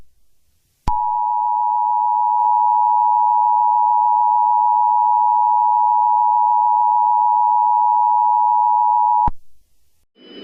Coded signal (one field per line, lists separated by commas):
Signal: Emergency Alert System (SAME) tones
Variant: 853 and 960 Hz attention tone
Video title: EAS Scenario #1: The Nationwide Mega Hurricane